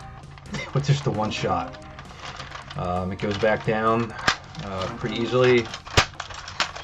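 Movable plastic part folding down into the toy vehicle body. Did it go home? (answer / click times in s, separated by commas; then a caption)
yes / 6.2 s, 6.6 s. Someone talks while pushing a movable plastic part of an M.A.S.K. Goliath toy vehicle back down into the vehicle body for transport mode. Two sharp clicks sound at 6.2 s and 6.6 s as the part locks in place.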